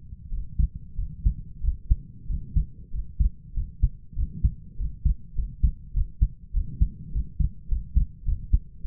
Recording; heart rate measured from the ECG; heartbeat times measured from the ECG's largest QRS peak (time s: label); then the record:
heart sounds by stethoscope; 98 bpm
0.30 s: heartbeat
0.96 s: heartbeat
1.61 s: heartbeat
2.27 s: heartbeat
2.91 s: heartbeat
3.54 s: heartbeat
4.15 s: heartbeat
4.77 s: heartbeat
5.35 s: heartbeat
5.93 s: heartbeat
6.53 s: heartbeat
7.12 s: heartbeat
7.68 s: heartbeat
8.25 s: heartbeat
8.83 s: heartbeat
From the record:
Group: healthy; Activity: rest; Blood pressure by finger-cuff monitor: 96/61 mmHg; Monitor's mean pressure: 73 mmHg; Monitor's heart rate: 97 bpm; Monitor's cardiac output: 6.5 L/min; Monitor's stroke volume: 71 mL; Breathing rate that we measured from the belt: 26 breaths a minute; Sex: male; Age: 22 years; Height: 181 cm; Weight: 60 kg